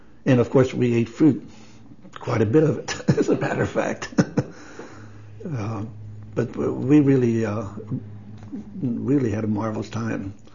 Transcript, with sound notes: And of course we ate fruit, quite a bit of it, (laughs) as a matter of fact. But we really ah—really had a marvelous time.